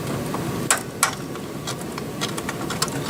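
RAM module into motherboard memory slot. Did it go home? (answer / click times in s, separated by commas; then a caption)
yes / 0.7 s, 1.0 s. A RAM stick is pressed down into the motherboard DIMM slot until the white retaining levers snap shut, giving two sharp clicks at 0.7 s and 1.0 s over a steady background hum. A few fainter ticks follow near 2.4 s, 2.5 s and 2.8 s, and the module ends up seated and secured.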